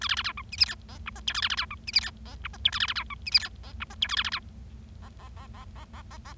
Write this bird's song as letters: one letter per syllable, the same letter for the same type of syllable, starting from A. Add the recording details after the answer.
A B B C D E F G H I J K A B B C D E F G H I J K A B B C D E F G H I J K A B B C H H H H H H H H. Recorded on 25 March 2012 at 18:50. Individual gy6or6